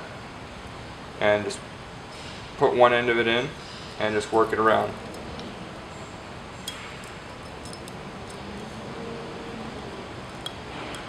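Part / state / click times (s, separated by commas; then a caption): steel spiral lock ring into the groove of a 4x4 lock-out hub / not seated / none. A multi-layer steel spiral lock ring is being fitted by hand into the groove inside a 4x4 lock-out hub, with one end started in and the ring then worked around. Someone talks early on, followed by faint, brief metallic ticks and handling noise over a steady background hum. Nothing has seated or clicked yet; the ring is still being worked around when the clip ends.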